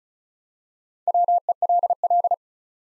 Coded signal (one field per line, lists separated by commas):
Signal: Morse code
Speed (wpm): 36 wpm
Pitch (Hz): 700 Hz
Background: none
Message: WELL